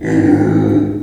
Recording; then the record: squeal of a Yucatan mini pig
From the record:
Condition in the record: before surgery on the right vocal fold (resection and tissue-engineered implant); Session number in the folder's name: 3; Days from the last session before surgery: 0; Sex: female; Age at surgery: 19 weeks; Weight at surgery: 25 kg